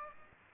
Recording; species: mosquito wingbeat signal from an infrared sensor; Aedes aegypti